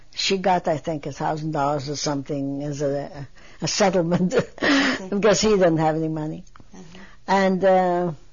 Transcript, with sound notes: She got, I think, a thousand dollars or something as a settlement (she laughs) because he didn't have any money. And